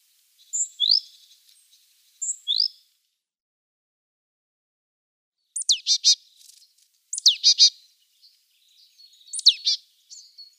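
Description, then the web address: Great tit: small bird with two thin descending slurred notes, then three harsher, buzzy rasping call bursts after a pause. "Schulze Peter Great Tit calls"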